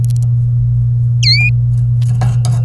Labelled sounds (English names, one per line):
Domestic Canary song